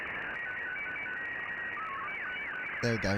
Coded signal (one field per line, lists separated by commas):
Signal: SSTV (slow-scan television)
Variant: Scottie 2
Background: speech